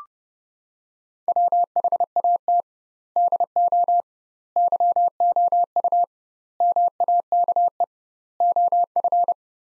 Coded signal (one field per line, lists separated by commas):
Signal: Morse code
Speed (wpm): 30 wpm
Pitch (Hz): 700 Hz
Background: none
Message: WHAT DO YOU MAKE OF